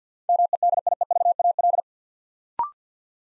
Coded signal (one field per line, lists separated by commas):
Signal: Morse code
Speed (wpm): 50 wpm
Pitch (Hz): 700 Hz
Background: none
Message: MEDIEVAL